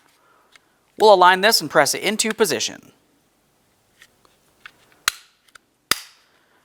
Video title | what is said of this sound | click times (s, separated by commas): How to Replace Front Interior Door Handle 2009-2019 Ford Flex | Listen for a click all the way around to make sure it is secured. | 5.1 s, 5.9 s